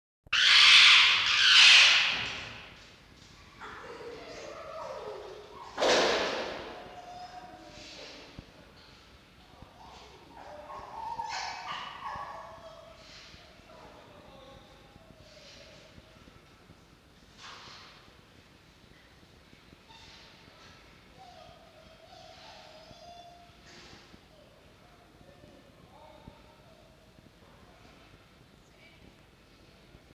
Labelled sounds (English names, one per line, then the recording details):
Red Fox
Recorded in captivity
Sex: male
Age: juvenile
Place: Zoologisches Institut der HUB, Berlin, DE
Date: 1952-09-18 13:30
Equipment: Elmetra
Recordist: Tembrock, Günter
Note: Toni: Drohwinseln - Kreischwinseln; (?): helles Keckern